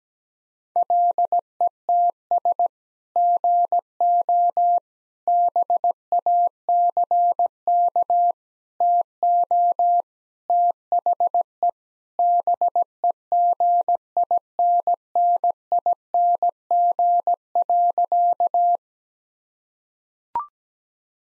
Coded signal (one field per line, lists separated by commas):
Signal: Morse code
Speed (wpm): 17 wpm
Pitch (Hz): 700 Hz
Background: none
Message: LETS GO BACK TO THE BEGINNING.